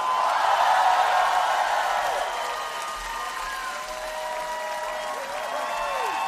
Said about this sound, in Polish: Wielkie brawa! Witam najserdeczniej! Wielki hałas!